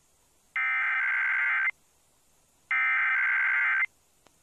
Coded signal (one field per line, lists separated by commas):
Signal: Emergency Alert System (SAME) tones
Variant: header bursts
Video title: EAS Hurricane Warning on WJMJ-FM (8/20/21)